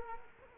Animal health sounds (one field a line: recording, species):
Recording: mosquito wingbeat signal from an infrared sensor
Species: Culex quinquefasciatus